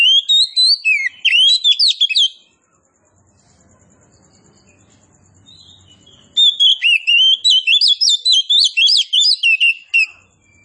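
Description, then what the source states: Oriental magpie-robin singing loud, fast runs of varied whistles and trills, one phrase at the start and a longer one after a quiet gap of several seconds. Oriental magpie-robin of the form called kacer poci, singing actively and loudly ('gacor').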